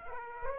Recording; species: mosquito wingbeat signal from an infrared sensor; Aedes aegypti